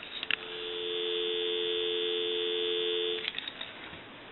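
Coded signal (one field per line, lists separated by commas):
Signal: telephone call progress tone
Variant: North America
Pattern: dial tone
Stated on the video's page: Tone on an original Snoopy Woodstock telephone during initial checkout and repair.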